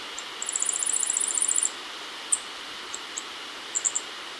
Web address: Natures Songs S America Birds of Ecuador Yellow-faced Grassquit